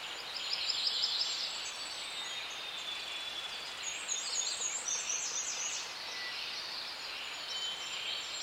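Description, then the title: Birds singing together: a busy wash of high twittering and short whistled phrases, overlapping continuously over a constant background hiss. Forest birds singing in a forest; the singing is described as sonorous, melodic and soothing. "Звуки птиц в лесу. sonorous melodic soothing singing of forest birds"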